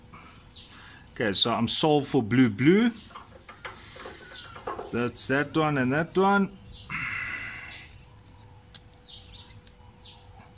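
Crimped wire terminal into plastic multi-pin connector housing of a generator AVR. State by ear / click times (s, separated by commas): seated / 8.8 s, 8.9 s, 9.7 s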